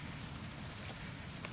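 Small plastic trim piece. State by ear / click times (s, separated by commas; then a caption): not seated / none. A plastic trunk release switch bezel for a 2008 Chevrolet Malibu, which fits only one way, is lined up by its notch at the top and threaded through the door panel before being pushed in. Only quiet handling is heard: soft light taps and rustles over a low background rumble and a faint steady high-pitched tone. Nothing has seated or clicked yet.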